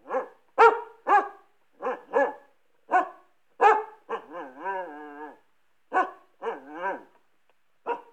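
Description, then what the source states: Dog barking repeatedly in sharp barks, broken midway by a drawn-out wavering whine lasting over a second, then more barks. Medium-size dog barking.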